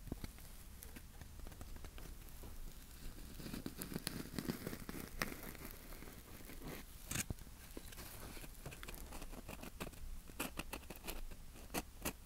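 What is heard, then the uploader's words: Tapping and scratching, with a steady stream of small dry clicks and scrapes packed densely across the whole twelve seconds. Sharper, brighter taps stand out now and then, notably around seven and ten seconds, over a low rumble. Tapping & Scratching.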